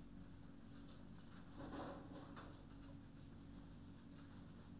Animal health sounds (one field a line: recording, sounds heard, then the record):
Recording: poultry house recording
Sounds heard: no chicken sound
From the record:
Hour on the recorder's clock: 22